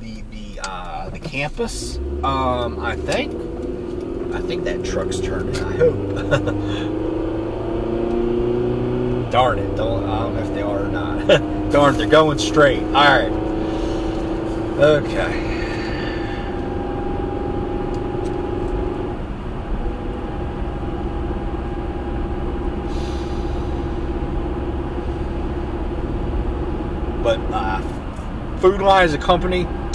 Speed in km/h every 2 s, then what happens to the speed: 13, 26, 39, 56, 66, 74, 79, 82, 85, 85, 84, 84, 85, 85, 82.
0-13 speeds up to 82. 13-30 steady at about 84.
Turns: none.